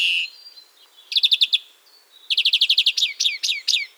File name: carduelis chloris